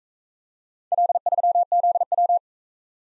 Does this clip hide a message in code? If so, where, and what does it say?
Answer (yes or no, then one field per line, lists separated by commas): yes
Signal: Morse code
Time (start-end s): 0.9-2.4 s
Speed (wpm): 40 wpm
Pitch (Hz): 700 Hz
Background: none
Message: L3ZW